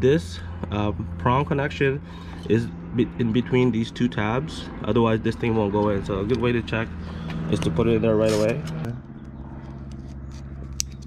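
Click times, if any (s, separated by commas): 10.8 s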